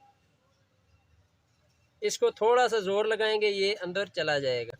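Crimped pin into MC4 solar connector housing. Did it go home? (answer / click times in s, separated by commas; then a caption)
no / none. A crimped pin is lined up at the minus MC4 solar connector housing before being pushed in. Near-silence with faint low rumble lasts about two seconds, then someone talks for the rest of the clip. Nothing has seated or clicked yet.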